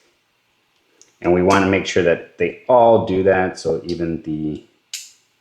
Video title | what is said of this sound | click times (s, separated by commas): How to Modify Leatherman Free T4 - Disassembly Reassembly Guide for Victorinox Tools | So you'll see the little locking mechanism here where it locks in place. | 1.0 s